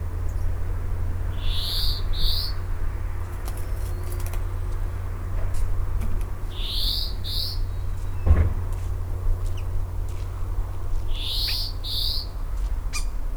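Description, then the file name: European greenfinch repeating paired nasal wheezy notes three times at roughly five-second intervals, with a brief knock midway and a continuous low droning background. "Chloris chloris"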